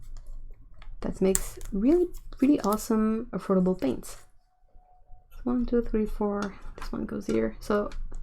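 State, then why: Not seated. A watercolor half-pan is handled near its slot in a metal watercolor palette while someone talks throughout, with a few faint brief taps. Nothing has seated or clicked yet.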